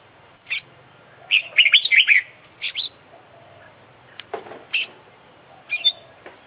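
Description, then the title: Oriental magpie-robin song: energetic warbling bursts of chirps and whistles, a harsher rasping note midway, then more clipped twitters. International champion kacer from Indonesian songbird contests, singing vigorously (gacor) with its full isian repertoire, used for training other birds. "Kicau Mania - Full Isian Juara Internasional Burung KACER Gacor"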